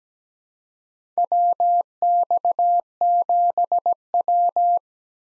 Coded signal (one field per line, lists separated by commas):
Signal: Morse code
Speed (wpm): 17 wpm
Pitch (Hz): 700 Hz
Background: none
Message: WX7W